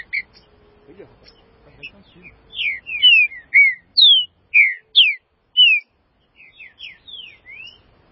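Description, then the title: Green-winged saltator song: a long phrase of loud slurred whistles, rising in strength after a soft start, fading into quieter notes at the end. "Trinca Ferro"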